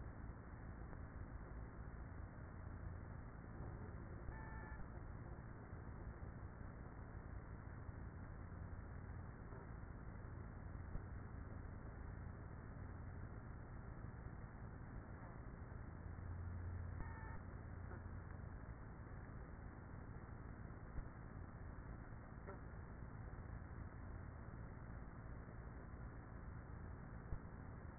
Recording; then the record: honeybee colony, microphone inside the hive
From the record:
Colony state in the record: queenless with a low population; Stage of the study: after two queens were removed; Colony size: about 30,000 bees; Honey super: no